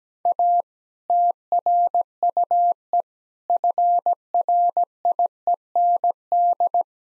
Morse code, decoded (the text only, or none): A TRUE FRIEND